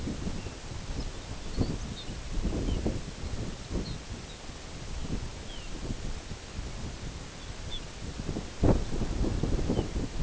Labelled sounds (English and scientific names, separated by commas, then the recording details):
Lapland Longspur (Calcarius lapponicus)
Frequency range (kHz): Lapland Longspur (Calcarius lapponicus) 2.3-6.5 kHz
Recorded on Arctic tundra, site NAIT-1, on 22 June 2018
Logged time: 13:00